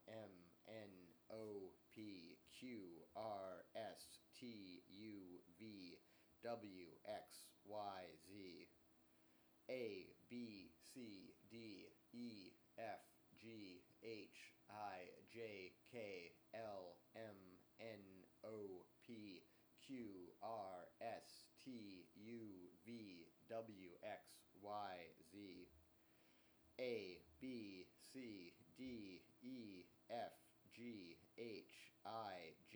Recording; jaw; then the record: letters of the alphabet, spoken; free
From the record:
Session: seven days later